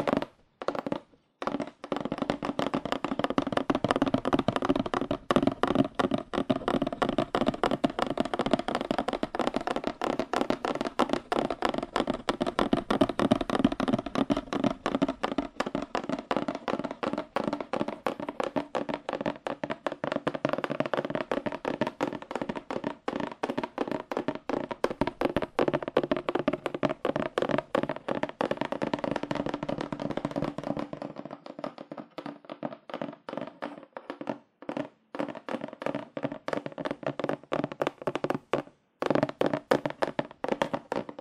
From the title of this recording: Fast Aggressive Cardboard Tapping